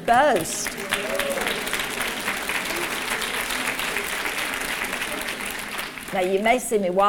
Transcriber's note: laughter, then applause